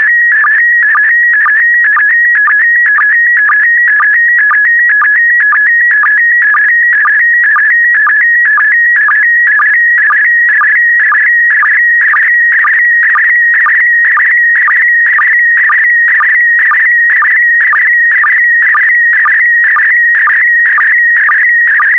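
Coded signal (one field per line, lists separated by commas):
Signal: SSTV (slow-scan television)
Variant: PD120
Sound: steady warbling tones around 2 kHz with rapid regular low chirps, repeating throughout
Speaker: complete you can now check your decoded image against the picture that is shown on the video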